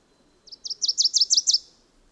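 Bird song: a short, even series of about seven high, sweet chirped notes, rising in loudness, lasting just over a second, with a quiet background.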